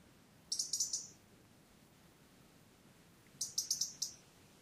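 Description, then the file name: European robin call, two rapid bursts of four or five high sharp ticks, about three seconds apart, over quiet background. "Erithacus rubecula"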